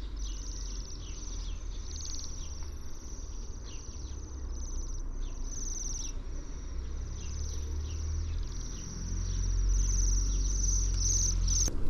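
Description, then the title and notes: Bohemian waxwing calls: high, thin, buzzy trills repeated in quick succession, over a steady low rumble of background noise. "Sidensvans by forskningno"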